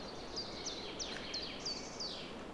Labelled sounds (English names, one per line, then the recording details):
Common Chiffchaff
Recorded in Germany
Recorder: ecoPi